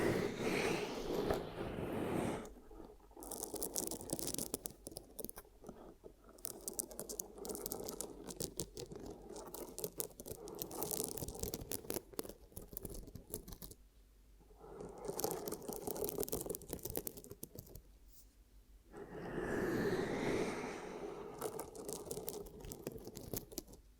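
Ear cupping sounds: hands rubbing and cupping over the microphone, producing soft scraping and crinkly rustles. Dense bursts of muffled, whooshing friction swell at the start, around 14 seconds and again near 20 seconds, separated by quieter stretches of fine, crackly scratching.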